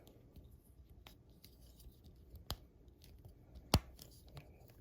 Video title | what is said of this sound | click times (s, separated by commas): Transformers Kingdom Core Class MEGATRON Video Review #transformerskingdom #megatron #coreclass | everything snaps into place and so we're just going to come to the front of the tank | 3.7 s